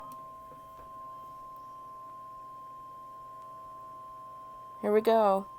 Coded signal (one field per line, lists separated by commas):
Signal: Emergency Alert System (SAME) tones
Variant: 1050 Hz attention tone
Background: speech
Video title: Severe thunderstorm warning eas #126 and #127 Double header First time this year!